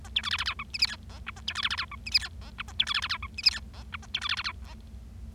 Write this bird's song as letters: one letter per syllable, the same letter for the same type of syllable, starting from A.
A B C D D E F G H I J K A B C D D E F G H I J K A B C D D E F G H I J K A B C D D E J